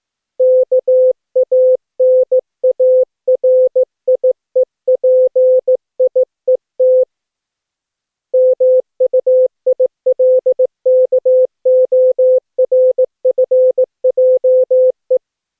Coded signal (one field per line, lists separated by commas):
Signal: Morse code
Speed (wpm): 15 wpm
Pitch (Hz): 510 Hz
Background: none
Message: KANARIEPIET MUILKORFJE